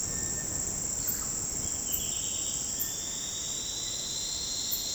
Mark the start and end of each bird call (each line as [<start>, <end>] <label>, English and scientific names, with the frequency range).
[0.05, 0.44] Cinereous Tinamou (Crypturellus cinereus) (1.1-2.4 kHz)
[1.02, 1.25] Russet-backed Oropendola (Psarocolius angustifrons) (0.3-2.4 kHz)
[1.84, 4.95] unidentified bird (2.5-4.6 kHz)